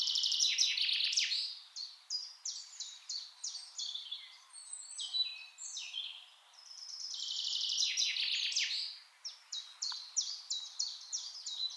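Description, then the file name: Common chaffinch song: a fairly soft recording with trilled phrases at the start and around eight seconds, separated by spaced repeated notes. "Fringilla coelebs"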